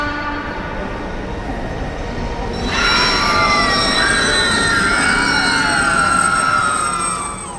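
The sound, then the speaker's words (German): A subway train rumbles steadily, then a loud, sustained horn blares in, holding its bright, layered tone over the train noise until the end. “Er hat sich vor den Zug geworfen?”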